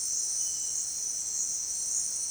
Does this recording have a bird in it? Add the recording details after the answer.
no. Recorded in dense forest near Puerto Asís, Putumayo, Colombia, on 25 June 2025 at 17:30. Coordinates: 0.468, -76.322. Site GP03